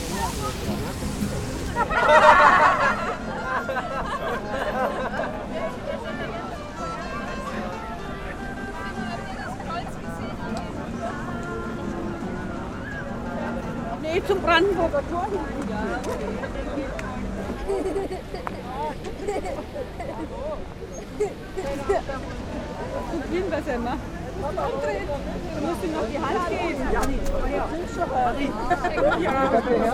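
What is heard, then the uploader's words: A crowd of people fills an outdoor square with steady, dense chatter, voices overlapping. A brief louder burst of sound rises near the start, and the murmur then holds at an even level, with occasional voices standing out. Pariser Platz.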